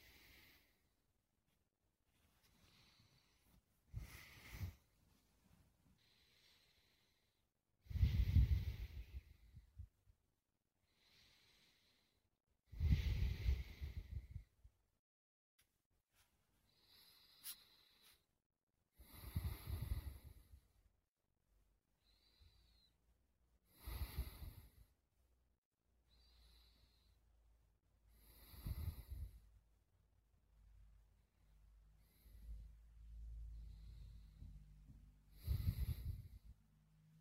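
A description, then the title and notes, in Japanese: Breathing of someone asleep, slow and regular, with a soft breath roughly every four to five seconds. Each breath is an airy rush with a low rumble, a few carrying faint snorting or wheezy whistles, separated by near silence. 催眠 呼吸声 寝息。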